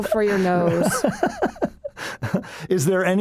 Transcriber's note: laughs